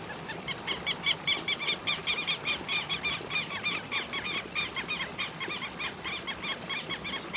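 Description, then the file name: Southern lapwing giving many harsh calls in rapid succession over a noisy background. "canto do quero quero"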